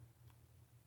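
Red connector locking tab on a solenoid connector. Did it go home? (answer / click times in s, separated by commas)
no / none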